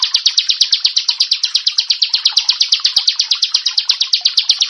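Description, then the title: Bar-winged prinia song, a rapid, even run of loud, sharp, high chip notes repeated steadily throughout. "Ciblek Sawah"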